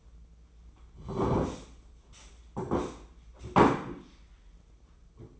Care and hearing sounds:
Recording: daily activity, microphone in the room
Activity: sit down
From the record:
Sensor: 1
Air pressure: 996.0 hPa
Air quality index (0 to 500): 235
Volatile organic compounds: 1000 ppm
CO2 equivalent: 6858 ppm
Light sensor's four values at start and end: 33/82/35/42 and 34/84/36/43

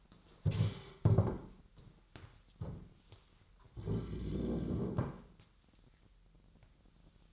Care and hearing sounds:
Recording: daily activity, microphone in the room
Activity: stand up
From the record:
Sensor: 3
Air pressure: 998.6 hPa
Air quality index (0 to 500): 128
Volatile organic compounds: 3 ppm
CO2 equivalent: 1533 ppm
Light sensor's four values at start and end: 8/18/7/8 and 8/17/7/8

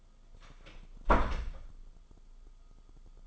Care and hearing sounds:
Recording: daily activity, microphone in the room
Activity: close door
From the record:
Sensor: 5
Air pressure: 1004.9 hPa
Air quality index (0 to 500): 104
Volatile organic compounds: 2 ppm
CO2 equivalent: 1264 ppm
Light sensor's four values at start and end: 35/81/32/31 and 35/81/32/31

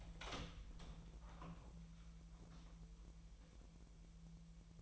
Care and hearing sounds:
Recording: daily activity, microphone in the room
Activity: open door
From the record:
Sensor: 1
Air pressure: 1001.3 hPa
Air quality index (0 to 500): 250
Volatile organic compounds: 142 ppm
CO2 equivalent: 3985 ppm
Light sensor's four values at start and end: 13/31/13/14 and 13/32/13/14

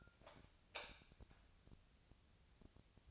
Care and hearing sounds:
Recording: daily activity, microphone in the room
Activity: light on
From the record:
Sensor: 2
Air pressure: 999.9 hPa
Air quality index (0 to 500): 117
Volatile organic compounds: 2 ppm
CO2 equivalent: 1010 ppm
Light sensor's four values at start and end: 30/74/32/35 and 34/89/38/41

